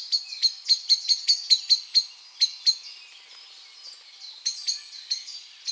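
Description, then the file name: Eurasian blackbird calls, a quick run of sharp, metallic chink notes that slows and fades midway, then a few fainter clicks return near the end. "Turdus merula"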